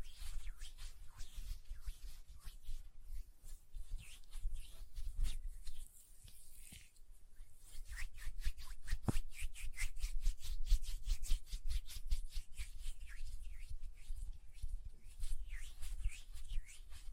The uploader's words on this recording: ASMR Hand Sounds, Nail Tapping and Lotion Sounds.